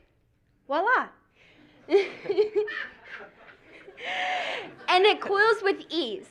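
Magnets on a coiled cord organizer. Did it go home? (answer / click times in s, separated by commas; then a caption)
no / none. A cord is being coiled on a Magna Loop magnetic cord organizer, whose embedded magnets are meant to snap together as it winds. Someone talks throughout, with a brief hiss around 4 to 4.8 seconds. The cord is only being handled, and no magnets have clicked together or seated yet.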